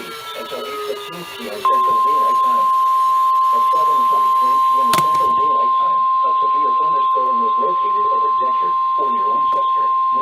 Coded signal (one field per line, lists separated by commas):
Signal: Emergency Alert System (SAME) tones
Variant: 853 and 960 Hz attention tone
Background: speech